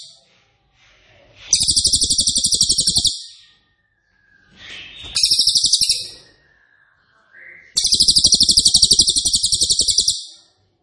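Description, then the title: Cililin song: three intense rapid-fire bursts of very high, buzzy notes, separated by short pauses with a faint thin whistle. Loud, dense, rapid-fire song style ('nembak keras dan rapat') used as a favourite training recording (masteran) for oriental magpie-robin, leafbird and white-rumped shama. "Cililin NEMBAK KERAS dan RAPAT masteran murai batu cucak ijo dan kacer"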